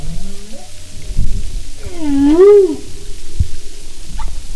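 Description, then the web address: Humpback whale calls: a short rising phrase, then a loud arching moan that rises and falls, over low underwater noise. "Marine Mammals humpback"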